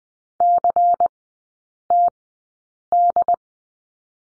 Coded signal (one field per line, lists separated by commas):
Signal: Morse code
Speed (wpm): 20 wpm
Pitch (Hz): 700 Hz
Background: none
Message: CTD